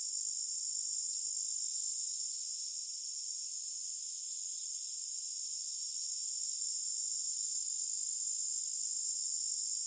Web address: Sound Effects-Blastwave AMBIENCE Forest Birds. forest birds crickets insects loop